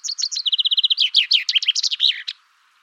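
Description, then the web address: Common chaffinch singing a bright, rattling phrase: crisp notes repeated in a steady series, falling slightly in pitch, then breaking into a jumbled burst that ends with a flourish. "Deverinetal"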